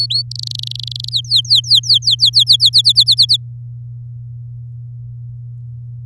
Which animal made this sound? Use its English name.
Domestic Canary